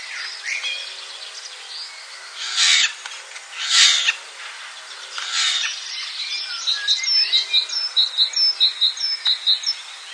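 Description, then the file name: Eurasian Jay giving three harsh, raspy screeches, followed by a quick series of thin, high repeated chirps. "Ghiandaia"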